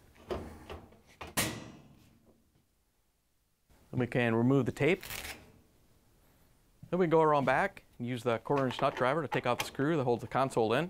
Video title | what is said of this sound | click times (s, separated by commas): How To Replace GE Washing Suspension Rods | and then carefully set the top down so it locks in place | 1.2 s